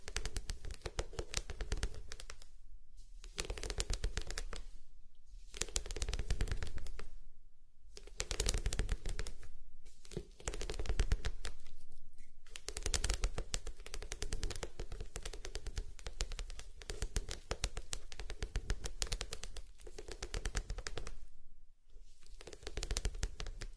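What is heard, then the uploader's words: Soapy bubbles fizz and crackle in dense bursts of tiny pops, broken by brief silent gaps every few seconds throughout. Bubbly and Soapy.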